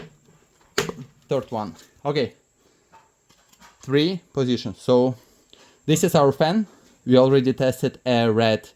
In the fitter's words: second click and the